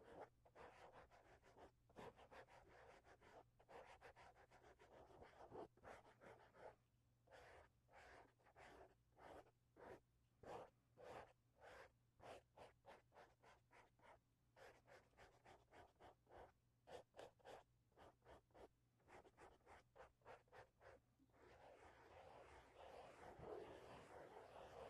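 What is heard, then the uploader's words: A microphone being touched and handled: a dense run of scratchy rubbing at the start, then from about 6 to 21 seconds a series of sharp, irregular taps and clicks with short gaps between them. Steady scraping rubbing returns near the end, and a low hum runs underneath throughout. Mic touching. Sounds like: corduroys after wash day, getting your jeans drawn on in high school, grooming a Wookiee.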